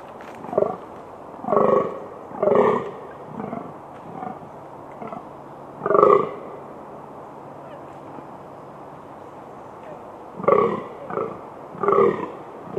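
Fallow deer groaning: deep, hoarse calls in short bursts, spaced irregularly with quiet gaps between.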